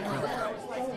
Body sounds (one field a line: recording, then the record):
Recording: coughing mixed with background sound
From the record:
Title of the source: 1125 Coughing SOUND Effect